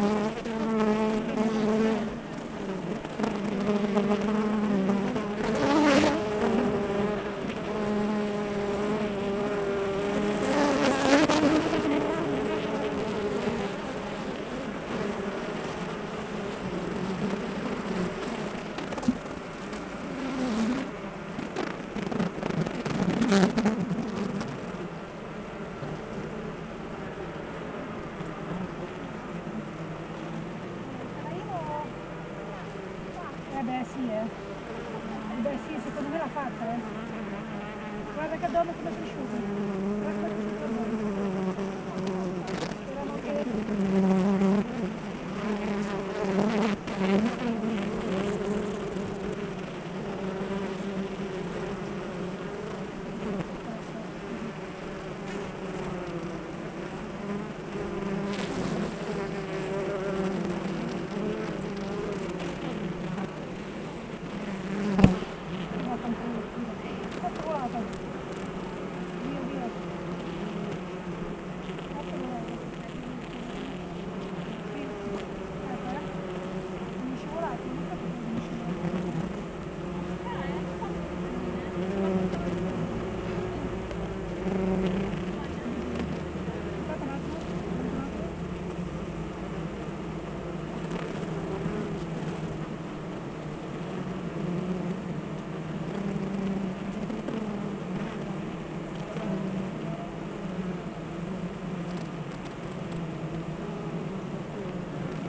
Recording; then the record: honeybee colony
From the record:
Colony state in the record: active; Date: 28 July 2017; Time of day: 8:12